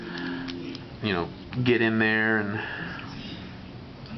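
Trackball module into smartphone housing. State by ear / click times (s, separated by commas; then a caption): not seated / none. The small plastic trackball assembly of a BlackBerry 8330 is being handled, lined up with its arrow pointing up over its socket in the phone's housing while someone talks. The speech is heard over a low background hum, with no distinct click. The trackball module has not seated or clicked into place yet.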